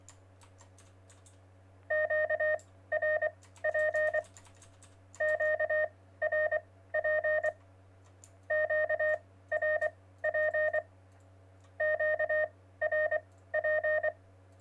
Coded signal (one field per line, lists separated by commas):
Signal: Morse code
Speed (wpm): 24 wpm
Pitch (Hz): 620 Hz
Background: none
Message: QRP QRP QRP QRP